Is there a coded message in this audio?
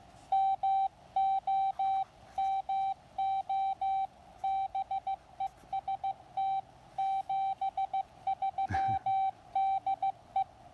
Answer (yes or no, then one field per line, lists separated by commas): yes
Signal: Morse code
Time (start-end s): 0.3-10.4 s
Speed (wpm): 15 wpm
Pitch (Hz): 780 Hz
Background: radio noise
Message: MOMO BEST 73 DE